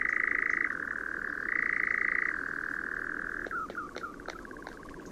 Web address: chant didier collin engoulevent d europe